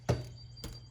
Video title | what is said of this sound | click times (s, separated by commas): Lexus IS F MAF Sensor and throttle body cleaning | you'll hear them click | 0.1 s, 0.6 s